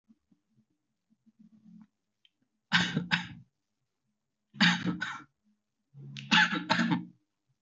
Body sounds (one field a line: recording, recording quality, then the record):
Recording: shallow voluntary cough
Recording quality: excellent, no background noise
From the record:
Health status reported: healthy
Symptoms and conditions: cold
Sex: male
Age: 26 years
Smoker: not ticked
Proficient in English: yes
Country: India